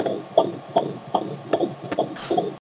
Heartbeat.